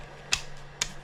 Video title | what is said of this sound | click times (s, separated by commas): Complete printed Robskii Fab body/cage build with testing at the end!!! | and it snaps right in place | 0.3 s, 0.8 s